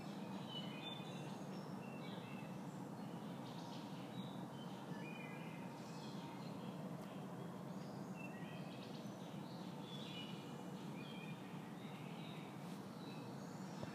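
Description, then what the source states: Birds chirping: several faint, high twittering and whistled phrases come and go over a steady low rumbling background hum. Birds recorded in a backyard.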